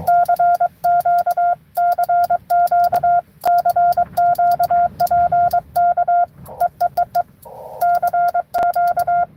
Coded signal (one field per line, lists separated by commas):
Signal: Morse code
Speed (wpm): 23 wpm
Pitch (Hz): 700 Hz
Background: none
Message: CQ CQ CQ PK EEEE CQ